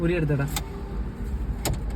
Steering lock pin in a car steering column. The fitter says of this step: lock ആയില്ലേ ഒന്ന് unlock ചെയ്തു നോക്കിയേടാ